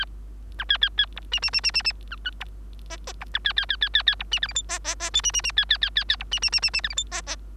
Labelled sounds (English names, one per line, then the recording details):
Bengalese Finch song
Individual Bird3